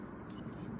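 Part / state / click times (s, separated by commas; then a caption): ignition coil into plug well of valve cover / not seated / none. An ignition coil is being handled and pushed down through the valve cover into the plug well toward the spark plug on a 2006–2010 VW Jetta, Golf or Rabbit. Only a steady low rumble is heard, with no sharp hit. Nothing has seated or clicked yet.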